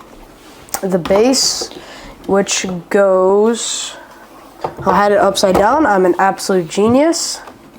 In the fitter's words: Và nó sẽ khớp vào vị trí.